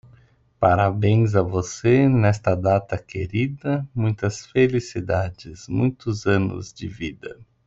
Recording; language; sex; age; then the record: short text; Brazilian Portuguese; female; 30 to 39 years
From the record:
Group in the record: control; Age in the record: 37 years